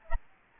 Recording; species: mosquito wingbeat signal from an infrared sensor; Anopheles gambiae